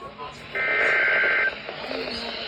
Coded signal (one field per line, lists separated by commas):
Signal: Emergency Alert System (SAME) tones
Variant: header bursts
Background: speech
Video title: EAS #278 SVR on WWG53 Parker, PA